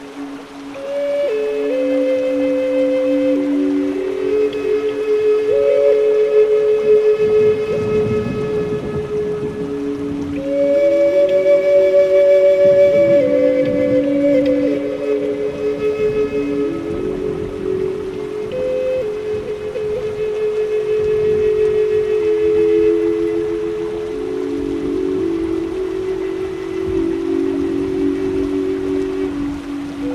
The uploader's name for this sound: Native American Flutes Relaxing Music + Rain and Nature Sounds